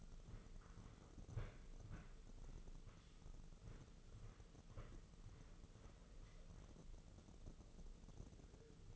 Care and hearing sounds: daily activity, microphone in the room; walk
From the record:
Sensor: 4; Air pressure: 996.7 hPa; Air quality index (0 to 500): 246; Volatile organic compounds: 412 ppm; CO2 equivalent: 4692 ppm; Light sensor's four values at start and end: 53/130/54/54 and 53/130/54/54

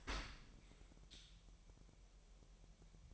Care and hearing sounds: daily activity, microphone in the room; open dishwasher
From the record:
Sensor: 1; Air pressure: 1000.6 hPa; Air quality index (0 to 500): 247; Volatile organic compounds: 142 ppm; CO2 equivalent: 3989 ppm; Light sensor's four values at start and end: 11/27/11/12 and 11/27/11/12

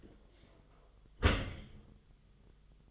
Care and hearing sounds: daily activity, microphone in the room; close dishwasher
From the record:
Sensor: 4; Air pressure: 1005.5 hPa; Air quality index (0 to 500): 106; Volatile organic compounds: 2 ppm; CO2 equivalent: 1315 ppm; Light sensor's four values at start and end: 11/25/10/10 and 11/25/10/10

